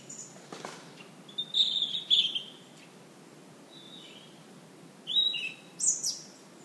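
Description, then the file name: European robin song: slurred high whistles and a sweet phrase, a pause, then two brief glittering phrases near the end. "Erithacus rubecula"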